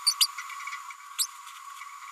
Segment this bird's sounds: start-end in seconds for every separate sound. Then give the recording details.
0.06-0.14, 0.20-0.27, 1.18-1.26. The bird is a female. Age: 32 days. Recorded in a nest box in Venezuela. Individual 17B102A5